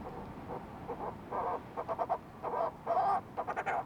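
Fulmar prion calling, harsh pulsed notes in uneven groups, with a few longer drawn-out notes.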